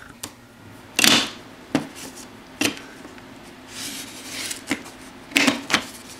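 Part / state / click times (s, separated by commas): batteries into box mod battery holder / seated / 1.0 s, 5.4 s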